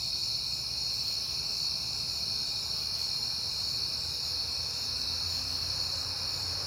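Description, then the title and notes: Crickets in a steady, continuous high-pitched chorus, with a faint low rumble underneath. Crickets at night in September, on a peaceful night; crickets heard often at this time. "Night Time: Crickets and Passing Cars. It is September and I have been hearing the crickets a lot"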